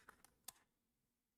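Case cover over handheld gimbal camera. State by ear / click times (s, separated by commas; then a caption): seated / 0.5 s. A plastic case cover is fitted over a handheld gimbal camera's screen to protect the screen and gimbal, then closed. Small clicks sound at about 0.1 and 0.2 seconds, followed by a sharper, louder click at 0.5 seconds as the lid snaps closed and locks into place.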